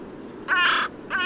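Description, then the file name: Carrion crow giving a loud, raspy caw followed by the start of a second one. "Corvus corone"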